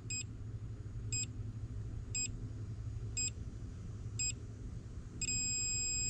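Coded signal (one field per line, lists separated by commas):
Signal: beep code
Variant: Honda/Acura key programmer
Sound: five short high beeps about once a second, then one long steady beep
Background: car engine rumble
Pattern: 5 short, 1 long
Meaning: The long beep means key registration has ended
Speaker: we're waiting for that long beep which means the registration has ended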